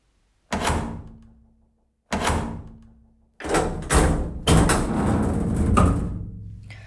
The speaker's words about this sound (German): Also machte ich die Tür zu und ging. Ich sagte nicht einmal gute Nacht.